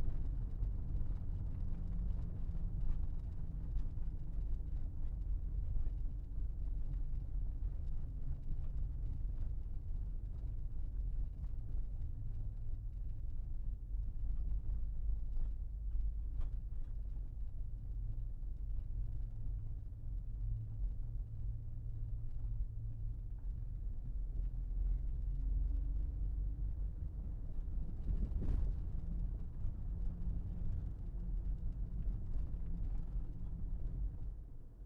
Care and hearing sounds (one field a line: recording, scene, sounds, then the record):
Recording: everyday scene through a hearing-aid microphone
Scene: in a vehicle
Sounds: engine, rumble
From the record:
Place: Berlingo II, diesel engine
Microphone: behind the ear, left, rear